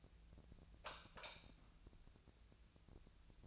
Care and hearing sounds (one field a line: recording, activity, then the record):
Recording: daily activity, microphone in the room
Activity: light off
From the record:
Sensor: 2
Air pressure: 999.8 hPa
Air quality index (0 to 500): 116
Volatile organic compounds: 2 ppm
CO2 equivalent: 1004 ppm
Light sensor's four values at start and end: 28/76/31/34 and 23/58/24/27